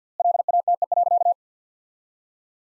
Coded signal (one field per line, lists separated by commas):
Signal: Morse code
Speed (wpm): 50 wpm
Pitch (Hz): 700 Hz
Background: none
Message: LATE.